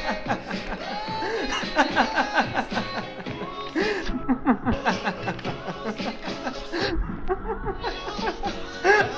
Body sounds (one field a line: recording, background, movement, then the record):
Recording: laughter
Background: music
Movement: sitting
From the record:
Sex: male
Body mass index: 21.0 kg/m2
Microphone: on the chest, facing the body